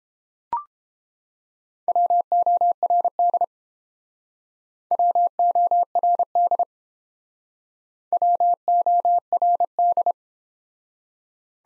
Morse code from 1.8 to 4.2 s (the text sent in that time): WORD